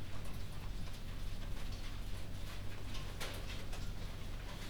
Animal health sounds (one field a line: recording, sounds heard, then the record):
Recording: poultry house recording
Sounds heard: no chicken sound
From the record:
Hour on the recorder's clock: 23